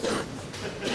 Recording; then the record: coughing mixed with background sound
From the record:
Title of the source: 60 coughing still (deep and wet cough)